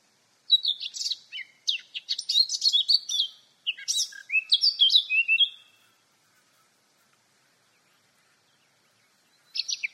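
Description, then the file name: Eurasian blackcap song: a fast, varied warble running about five seconds, mixing chattering notes and lower slurred whistles, then silence before a new phrase begins. "Sylvia atricapilla"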